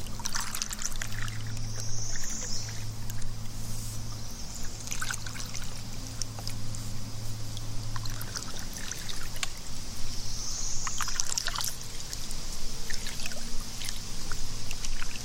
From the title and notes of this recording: ASMR Kayak, Bird Chirping, Water Splash, Nature Sounds, Outdoor Binaural.